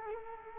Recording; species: mosquito wingbeat signal from an infrared sensor; Culex quinquefasciatus